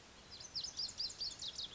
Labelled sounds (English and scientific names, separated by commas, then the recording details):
Lazuli Bunting (Passerina amoena)
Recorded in Sonoma County, California